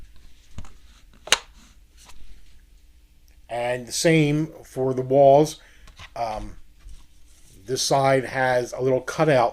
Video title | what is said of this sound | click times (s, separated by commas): Agora Models FDNY Ladder 9 Firetruck. Pack 11. Diorama time! | you can hear it click together | 1.3 s